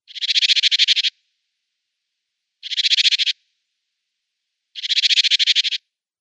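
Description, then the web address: Great tit churring: dry, rapid rattling bursts of up to a second each, given three times with pauses of about one and a half seconds. "Schulze Peter Great Tit calls"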